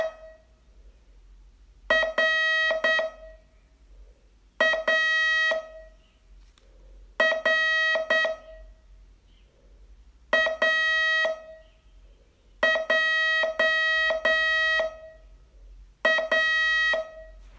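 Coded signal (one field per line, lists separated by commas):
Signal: Morse code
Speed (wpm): 8 wpm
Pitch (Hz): 1900 Hz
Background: none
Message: RAR AJA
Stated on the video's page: Morse training lesson, day 26 of a 42-day course.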